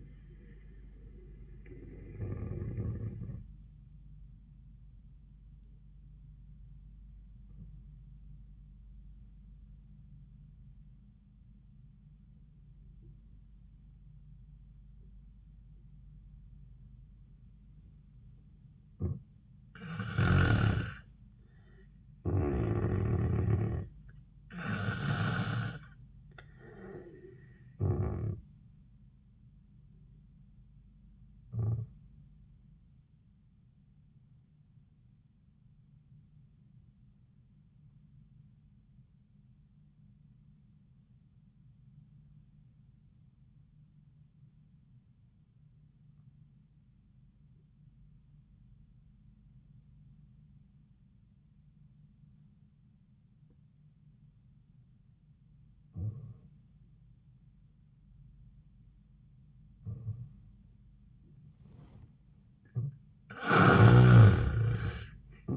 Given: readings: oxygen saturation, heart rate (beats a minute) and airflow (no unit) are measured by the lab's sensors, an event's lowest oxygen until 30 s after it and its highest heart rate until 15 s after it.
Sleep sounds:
breathing in sleep by a smartphone at the bedside; 2
3.00-20.80 s: obstructive apnea (N1, oxygen 96% highest, then 90% lowest, heart rate 85 at the start, 85 highest)
31.00-59.50 s: obstructive apnea (N1, oxygen 95% highest, then 78% lowest, heart rate 74 at the start, 88 highest)
From the record:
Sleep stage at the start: N1 (lightest sleep); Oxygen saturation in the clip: 83 to 96%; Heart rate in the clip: 72 to 86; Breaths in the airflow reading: 8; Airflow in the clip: -6.0 to 6.7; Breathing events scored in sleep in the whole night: 400 in 8.7 hours asleep

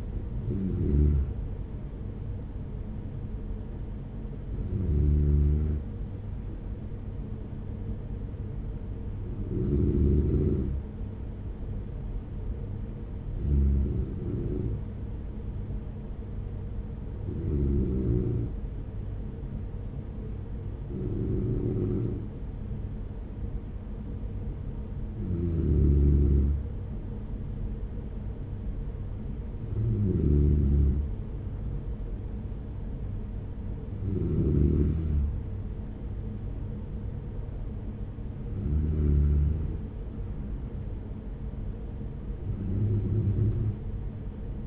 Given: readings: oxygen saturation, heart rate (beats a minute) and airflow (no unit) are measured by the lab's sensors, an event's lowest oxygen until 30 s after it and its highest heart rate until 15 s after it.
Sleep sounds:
breathing in sleep by a smartphone at the bedside; none
none scored
From the record:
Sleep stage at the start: REM sleep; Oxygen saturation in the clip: 93 to 96%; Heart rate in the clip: 47 to 51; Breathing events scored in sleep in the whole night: 210 in 6.9 hours asleep

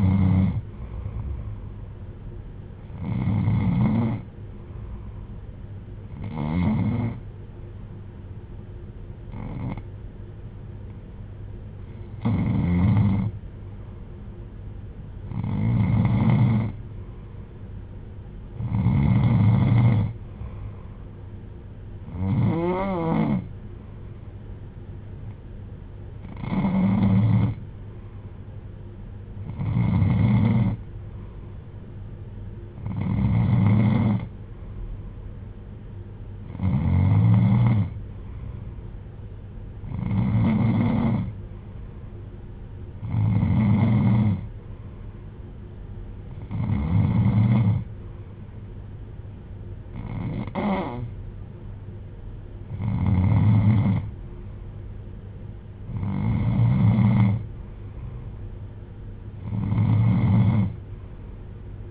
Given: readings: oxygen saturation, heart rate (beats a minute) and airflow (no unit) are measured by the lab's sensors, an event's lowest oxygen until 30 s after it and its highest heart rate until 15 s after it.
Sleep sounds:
breathing in sleep by a smartphone at the bedside; none
none scored
From the record:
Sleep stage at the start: N2 (light sleep); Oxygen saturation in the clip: 91 to 95%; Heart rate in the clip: 57 to 66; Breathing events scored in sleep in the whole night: 310 in 8.1 hours asleep

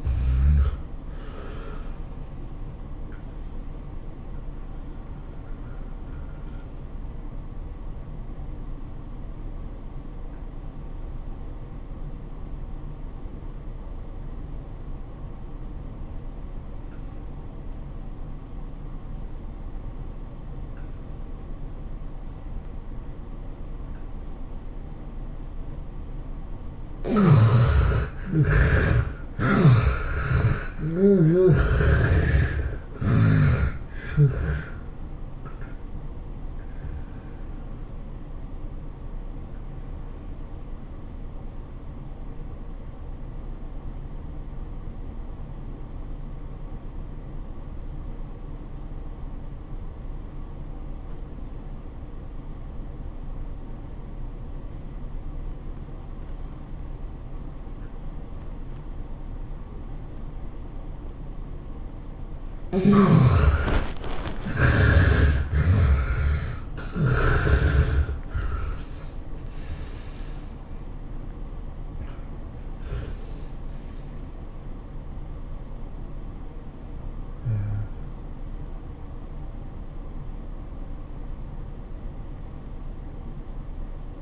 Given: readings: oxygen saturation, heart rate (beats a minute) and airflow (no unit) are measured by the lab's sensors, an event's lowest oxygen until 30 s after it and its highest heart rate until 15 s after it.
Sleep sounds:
breathing in sleep by a smartphone at the bedside; 2
4.00-27.90 s: hypopnea (N1, oxygen 94% highest, then 71% lowest, heart rate 110 at the start, 111 highest)
40.00-64.40 s: obstructive apnea (N1, oxygen 91% highest, then 70% lowest, heart rate 99 at the start, 110 highest)
From the record:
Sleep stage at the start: N1 (lightest sleep); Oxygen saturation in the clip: 70 to 94%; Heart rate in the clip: 78 to 111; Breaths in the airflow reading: 11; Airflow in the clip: -23.5 to 26.0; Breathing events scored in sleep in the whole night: 403 in 5.5 hours asleep

